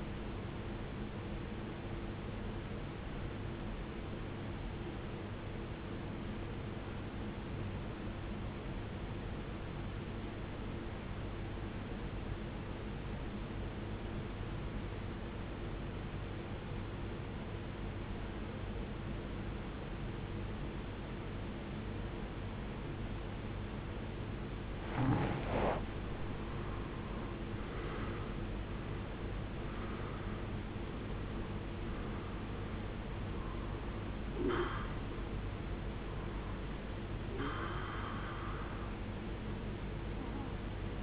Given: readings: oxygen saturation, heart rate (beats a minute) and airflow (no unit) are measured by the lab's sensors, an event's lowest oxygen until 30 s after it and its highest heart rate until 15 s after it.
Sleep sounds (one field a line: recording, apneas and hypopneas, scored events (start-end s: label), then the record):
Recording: breathing in sleep by a voice recorder at the bedside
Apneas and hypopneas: 1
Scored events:
3.00-41.03 s: new sleep stage, REM sleep
4.00-26.70 s: obstructive apnea (REM, oxygen 95% highest, then 84% lowest, heart rate 61 at the start, 82 highest)
From the record:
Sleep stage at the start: N1 (lightest sleep)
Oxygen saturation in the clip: 88 to 95%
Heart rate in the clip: 53 to 82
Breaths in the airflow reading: 5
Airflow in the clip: -17.7 to 15.5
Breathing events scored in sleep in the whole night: 389 in 6.3 hours asleep